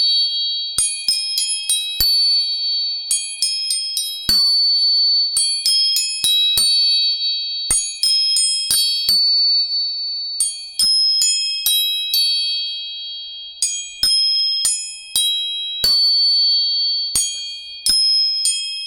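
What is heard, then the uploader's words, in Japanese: Tuning forks are struck repeatedly in quick clusters, each sharp tap leaving bright, bell-like high tones that ring on and slowly fade. 音叉チューニング。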